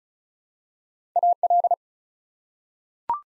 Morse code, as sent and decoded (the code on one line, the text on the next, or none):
.- .-..
AL